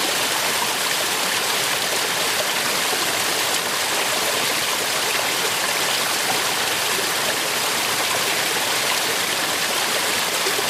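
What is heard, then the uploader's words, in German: A stream in late winter, swollen with snowmelt, rushes steadily past. The sound is a dense, unbroken hiss of water, bright and full in the upper range with little low rumble, holding the same level throughout with no distinct splashes or breaks. Schneeschmelze, Mangfallgebirge. Eines Bachs im späte Winter, während der Schneeschmelze.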